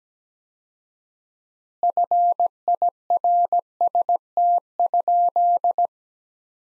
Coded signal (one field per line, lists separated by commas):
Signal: Morse code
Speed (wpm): 17 wpm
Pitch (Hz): 700 Hz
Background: none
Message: FIRST?